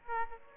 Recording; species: mosquito wingbeat signal from an infrared sensor; Aedes aegypti